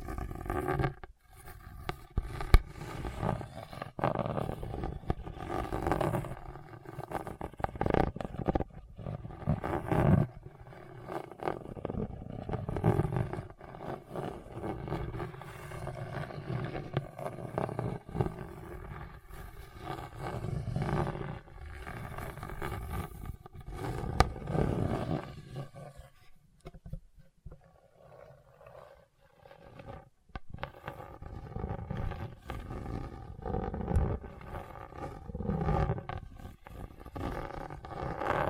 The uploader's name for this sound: Hard and Bumpy Surface Scratching